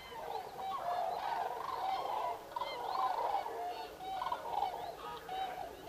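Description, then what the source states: Common cranes in a dense chorus of rolling, honking calls, swelling and fading in waves from many birds. Recorded 5 November 2018.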